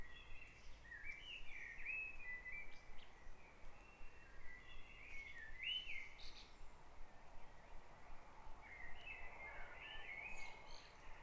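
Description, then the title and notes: Bird song: warbling, slurred phrases coming in bursts throughout, against a constant hiss of background noise. Dawn chorus at Back Dragon Avenue, Harrogate. "Dawn Chorus // Back Dragon Avenue, Harrogate. Sound Map Of Harrogate"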